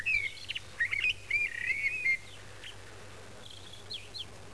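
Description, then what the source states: Bird song: a quick, twittering whistled phrase of about two seconds with rising and falling notes, followed by a few faint, high chirps over a low, steady hum. Recorded at Frómista, Palencia, Castilla y León.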